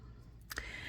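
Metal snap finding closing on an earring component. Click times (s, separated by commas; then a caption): 0.5 s, 0.6 s. A small metal jewelry finding, a snap-on bail or closure for an earring, is pushed in and snapped up into place. Short, sharp metallic clicks are heard at 0.5 s and 0.6 s over a quiet background. The finding snaps shut and is seated.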